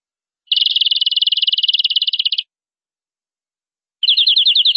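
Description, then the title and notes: Canary song: a fast, even trill of high buzzy notes lasting about two seconds, silence, then another rapid trill starting near the end. "BM Suara Kenari. BM Suara Burung Kenari"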